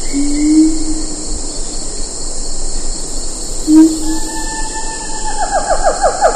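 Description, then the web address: Siamang calls: two low hoots, then a fast run of short barks at the end, with a steady insect drone behind. "earth naturelibrary assets s si siamang"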